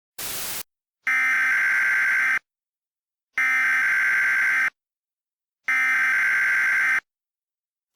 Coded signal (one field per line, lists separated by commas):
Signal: Emergency Alert System (SAME) tones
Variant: header bursts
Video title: EAS Mock 22: Greenhouse